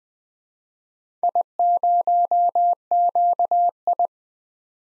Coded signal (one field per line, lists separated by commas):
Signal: Morse code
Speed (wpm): 20 wpm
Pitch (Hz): 700 Hz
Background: none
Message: I0QI